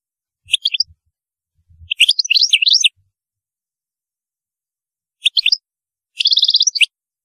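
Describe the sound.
European goldfinch singing in two pairs of short twittering bursts, the last ending in a rapid buzzy trill, with faint low thumps under the first phrases.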